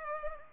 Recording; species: mosquito wingbeat signal from an infrared sensor; Culex pipiens